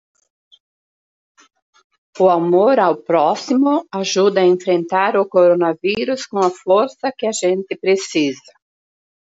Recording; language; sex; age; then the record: spoken sentence; Brazilian Portuguese; female; 50 to 59 years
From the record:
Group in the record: control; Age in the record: 59 years